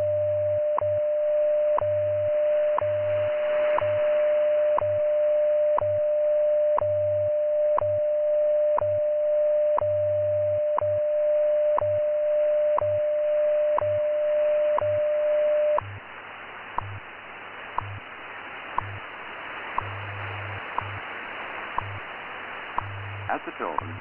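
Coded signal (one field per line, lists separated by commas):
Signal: radio time signal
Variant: WWV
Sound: steady mid-pitch tone with a tick every second, then ticks alone in static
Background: radio static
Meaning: Standard audio tone broadcast during minute 1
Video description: Includes the top of the hour station ID and the full minute 1 660 Hz tone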